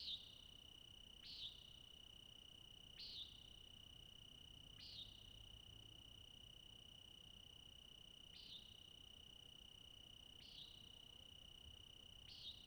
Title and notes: Okanagon National Forest, All-night Cricket Ending. Crickets sing throughout